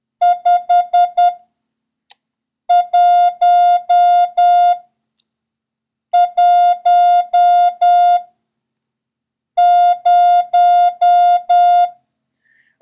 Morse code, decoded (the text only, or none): 5110